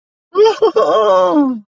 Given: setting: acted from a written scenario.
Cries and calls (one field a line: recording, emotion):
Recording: vocal sound without words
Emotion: elation